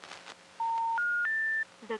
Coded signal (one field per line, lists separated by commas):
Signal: telephone call progress tone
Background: speech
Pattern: special information tone